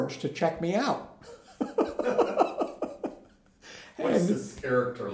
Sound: laughter